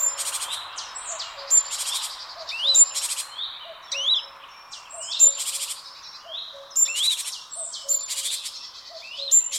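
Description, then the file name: Great tit rasping churrs and sliding high chirps repeat over background noise and a soft low repeated tone. "Parus major"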